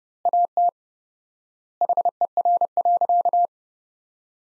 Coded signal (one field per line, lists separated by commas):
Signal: Morse code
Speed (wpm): 30 wpm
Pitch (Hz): 700 Hz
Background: none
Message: AT HER.